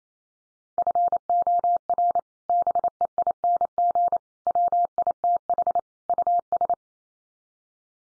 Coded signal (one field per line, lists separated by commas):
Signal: Morse code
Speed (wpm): 28 wpm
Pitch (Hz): 700 Hz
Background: none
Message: FOR BEING WITH US